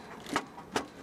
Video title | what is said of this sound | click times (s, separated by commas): How To Maintenance the PB637 | now it's locked | 0.4 s, 0.8 s